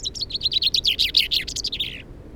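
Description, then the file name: Common chaffinch singing one quick cascading phrase of repeated chipping notes that drops in pitch and ends with a terminal flourish. "Fringilla coelebs"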